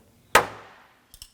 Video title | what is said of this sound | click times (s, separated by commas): How to Replace Windshield Washer Nozzles 2008-2011 Ford Focus | It's locked into place on the hood. | 0.3 s